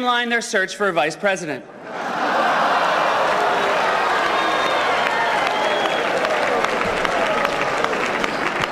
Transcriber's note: applause